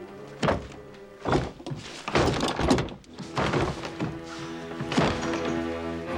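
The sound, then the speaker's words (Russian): A closed garage door, padlocked from the outside, is shoved repeatedly, giving a series of heavy thunks and rattling jolts at uneven intervals, with a steady low tonal hum underneath. “Марти подходит к закрытой Бифом двери гаража, толкает ее. Снаружи на ней висячий замок.”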